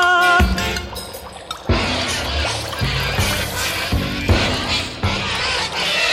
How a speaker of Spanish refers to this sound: Eran 10 acordeonistas que venían distraídos y por andar mirando al cielo se metieron en el río. Así sonaban sus acordeones bajo las aguas del Paraná.